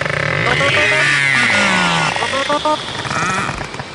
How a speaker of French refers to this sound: Là, je peux faire écouter du narval. Le narval, c'est ça, les dauphins avec des cornes.